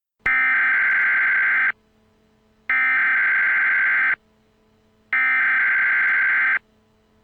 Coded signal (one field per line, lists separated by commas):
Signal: Emergency Alert System (SAME) tones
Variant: header bursts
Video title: Eas Scenario: 3am (the devil's hour)